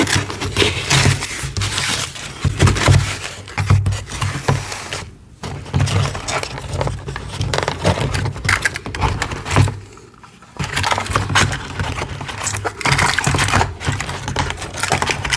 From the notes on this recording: Crushing eggs with confetti inside, eggs covered in squeaky cornstarch powder, and a powdery gym chalk slab crumble